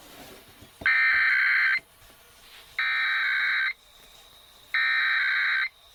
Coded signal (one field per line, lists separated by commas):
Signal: Emergency Alert System (SAME) tones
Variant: header bursts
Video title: Emergency Alert System EAS Required Monthly Test Minnesota WCCO-AM and KNOW-FM Minneapolis, MN